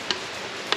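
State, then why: Seated. A livewell pump cartridge is set back on top of its pump base and twisted until it locks into place. Two short, sharp clicks sound at about 0.1 s and 0.7 s over steady broadband background noise. The cartridge is seated.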